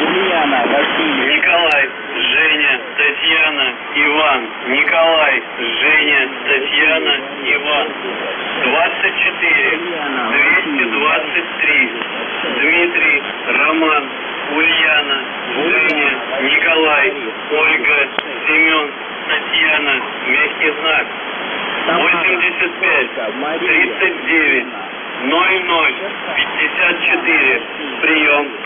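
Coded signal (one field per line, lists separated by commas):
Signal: numbers station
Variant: UVB-76, Russian voice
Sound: male Russian voice reading phonetic-alphabet names and numbers, ending with 'priyom'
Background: radio static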